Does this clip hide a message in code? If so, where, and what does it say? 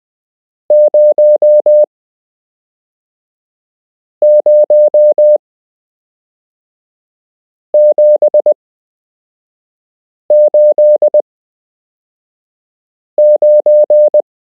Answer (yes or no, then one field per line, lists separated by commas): yes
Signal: Morse code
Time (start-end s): 0.7-14.2 s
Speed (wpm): 20 wpm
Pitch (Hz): 600 Hz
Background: none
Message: 00789